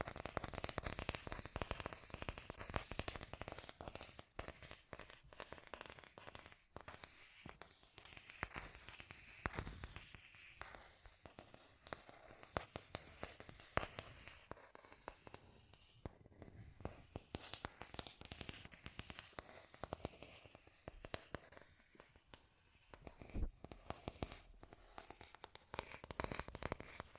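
Scratchy tapping runs nonstop for the whole stretch, a dense, irregular clatter of sharp clicks and rasping scrapes. Brief louder bursts stand out every few seconds, especially near the start and toward the end, while the texture stays crackly and bright throughout.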